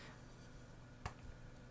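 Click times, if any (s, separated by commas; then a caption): none. A doll's foot magnet, inside a heeled shoe, is set onto a magnetic display stand base, giving only a single light tap at about 1.1 s against a quiet background. The heel keeps the magnet from catching, so nothing has seated or snapped into place.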